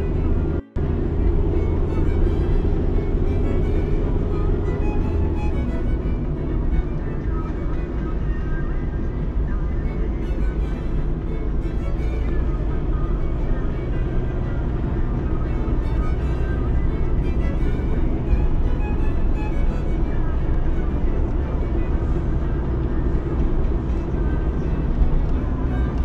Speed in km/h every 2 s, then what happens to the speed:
64, 65, 62, 56, 55, 56, 64, 70, 72, 75, 76, 76, 68.
3-8 slows to 55. 8-18 speeds up to 75. 22-26 slows to 68.